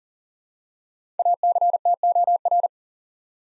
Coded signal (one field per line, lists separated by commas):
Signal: Morse code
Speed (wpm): 37 wpm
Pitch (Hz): 700 Hz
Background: none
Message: ACTOR